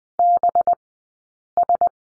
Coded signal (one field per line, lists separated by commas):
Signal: Morse code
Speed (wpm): 20 wpm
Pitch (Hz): 700 Hz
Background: none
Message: BS